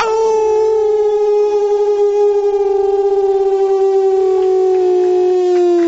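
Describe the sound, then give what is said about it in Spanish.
A trio of three people howl together into microphones like a wolf pack, their voices blending into one long, loud, sustained wail whose pitch slowly sinks over about six seconds, with no talking. “La primera vez que tenemos una manada. Sí, la verdad, sí. Manada de lobos.”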